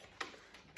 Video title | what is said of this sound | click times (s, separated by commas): How do I change the filter on my Dyson purifier? | simply push the filters against the body of the machine and clip it in until you do that little click | 0.2 s